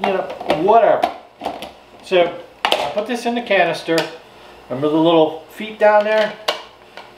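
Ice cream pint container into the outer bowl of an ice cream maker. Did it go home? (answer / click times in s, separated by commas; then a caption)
yes / 7.0 s. A filled plastic ice cream pint container is pressed down into the outer bowl of a Ninja Creami ice cream maker, where its little feet lock in. Someone talks through most of the clip, and the pint snaps into the bowl with a click at 7.0 s, seated.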